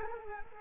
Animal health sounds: mosquito wingbeat signal from an infrared sensor; Culex quinquefasciatus

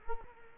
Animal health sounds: mosquito wingbeat signal from an infrared sensor; Culex quinquefasciatus

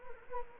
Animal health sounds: mosquito wingbeat signal from an infrared sensor; Anopheles gambiae

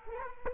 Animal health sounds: mosquito wingbeat signal from an infrared sensor; Culex quinquefasciatus

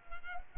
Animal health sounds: mosquito wingbeat signal from an infrared sensor; Culex quinquefasciatus

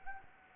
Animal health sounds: mosquito wingbeat signal from an infrared sensor; Anopheles gambiae

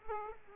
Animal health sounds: mosquito wingbeat signal from an infrared sensor; Aedes aegypti

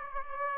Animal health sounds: mosquito wingbeat signal from an infrared sensor; Aedes aegypti

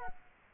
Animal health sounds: mosquito wingbeat signal from an infrared sensor; Culex quinquefasciatus

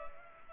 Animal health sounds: mosquito wingbeat signal from an infrared sensor; Culex pipiens

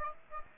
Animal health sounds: mosquito wingbeat signal from an infrared sensor; Aedes aegypti

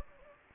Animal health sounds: mosquito wingbeat signal from an infrared sensor; Anopheles gambiae

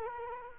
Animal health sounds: mosquito wingbeat signal from an infrared sensor; Culex quinquefasciatus

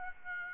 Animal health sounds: mosquito wingbeat signal from an infrared sensor; Aedes aegypti

